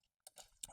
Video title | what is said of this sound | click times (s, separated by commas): VYTURIUKAS - SLAUGOS PREKĖS IR PATARIMAI | Stabdžia kaip ir visų vaikštinių užsifiksuoja paspaudus į apačią | 0.6 s